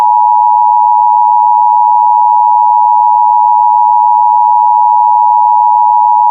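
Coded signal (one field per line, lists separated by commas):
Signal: Emergency Alert System (SAME) tones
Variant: 853 and 960 Hz attention tone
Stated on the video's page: Fictional EAS scenario, a made-up alert about a virus outbreak in Hawaii and Pacific territories.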